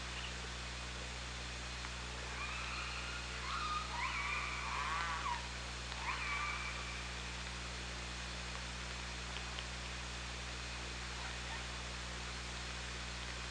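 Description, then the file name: Killer whale calls, a cluster of harmonic squealing cries around four to five seconds, then a shorter call near six seconds, against continuous water hiss and hum. OrcaLab hydrophone, 24 August 2017, 17:39:15. "Orca Lab UTLN JASON 20170824 173915"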